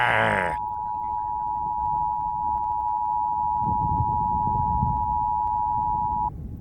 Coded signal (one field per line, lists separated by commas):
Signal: Emergency Alert System (SAME) tones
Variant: 853 and 960 Hz attention tone